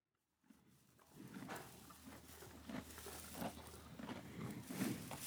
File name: horse feeding